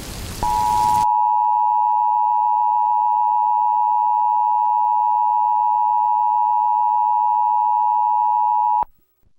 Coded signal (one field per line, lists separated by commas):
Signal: Emergency Alert System (SAME) tones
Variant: 853 and 960 Hz attention tone